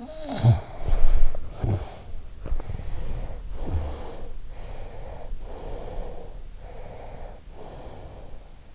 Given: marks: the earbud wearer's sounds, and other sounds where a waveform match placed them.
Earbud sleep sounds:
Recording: sounds in sleep by an in-ear microphone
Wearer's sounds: snoring breath, body movement, breath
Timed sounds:
0.00-2.00 s: snoring breath
0.34-4.34 s: body movement
2.51-4.34 s: breath
4.63-6.29 s: breath
6.51-8.40 s: breath

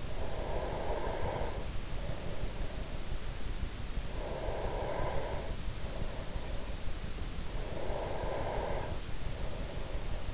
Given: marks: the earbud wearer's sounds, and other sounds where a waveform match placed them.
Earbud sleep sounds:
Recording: sounds in sleep by an in-ear microphone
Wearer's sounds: breath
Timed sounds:
0.00-3.31 s: breath
4.00-6.63 s: breath
7.20-10.34 s: breath

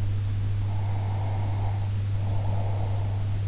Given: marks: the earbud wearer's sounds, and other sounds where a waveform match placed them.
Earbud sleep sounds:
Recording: sounds in sleep by an in-ear microphone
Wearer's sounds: breath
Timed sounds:
0.65-3.28 s: breath

